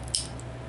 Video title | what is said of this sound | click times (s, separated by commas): Video 7 scooter wiring part 3 | hear that snaps right in | 0.2 s